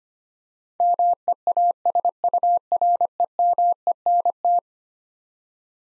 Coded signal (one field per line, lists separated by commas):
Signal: Morse code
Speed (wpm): 25 wpm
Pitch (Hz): 700 Hz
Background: none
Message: MEASUREMENT